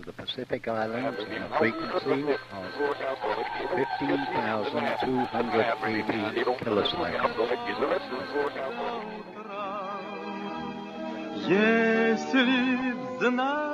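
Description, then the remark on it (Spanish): A shortwave radio broadcast voice, jammed during the Cold War era, struggles through steady hiss and wavering, warbling jamming tones that swoop up and down, growing louder and more oscillating toward the end. “Así se escuchaba en aquellos años una radio bloqueada.”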